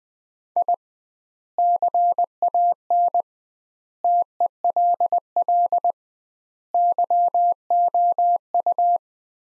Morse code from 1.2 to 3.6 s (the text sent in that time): CAN